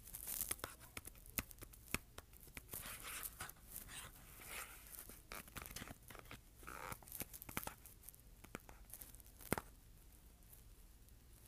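Someone scratches and taps on cardboard in an irregular run of sharp clicks and taps, with rough, papery scraping passages between them, strongest around the fourth and seventh seconds. The taps come every fraction of a second at first and thin out toward the end.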